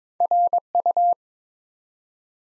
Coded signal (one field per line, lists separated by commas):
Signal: Morse code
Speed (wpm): 23 wpm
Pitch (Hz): 700 Hz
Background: none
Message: RU